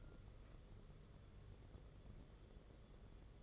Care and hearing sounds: daily activity, microphone in the room; take from stove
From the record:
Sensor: 4

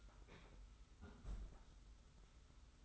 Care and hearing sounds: daily activity, microphone in the room; close fridge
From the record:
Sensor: 3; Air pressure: 991.0 hPa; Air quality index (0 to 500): 120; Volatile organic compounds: 94 ppm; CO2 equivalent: 3713 ppm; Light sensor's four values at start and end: 31/75/30/28 and 31/75/30/28

